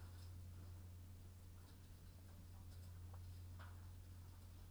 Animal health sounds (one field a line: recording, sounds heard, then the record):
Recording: poultry house recording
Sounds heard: sick chickens (respiratory disease)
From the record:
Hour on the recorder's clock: 22